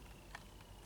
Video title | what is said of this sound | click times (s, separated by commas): Honda Dead Battery - Brake Lights Stay On | then reach up in there and pop this in place and it should just snap in place and we should be good to go and | 0.3 s